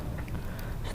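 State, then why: Seated. The negative (large) power wire is pushed into the small side of a plug-in switch connector, and a short click sounds at 0.3 s over steady low background noise. The wire is seated and installed in the switch plug terminal.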